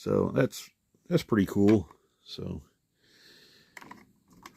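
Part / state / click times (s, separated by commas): plastic trailer panel into a toy car transporter trailer / seated / 3.8 s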